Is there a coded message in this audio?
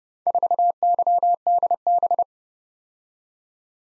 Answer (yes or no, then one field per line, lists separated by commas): yes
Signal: Morse code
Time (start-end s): 0.3-2.2 s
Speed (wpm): 30 wpm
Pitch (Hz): 700 Hz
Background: none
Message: 4YDB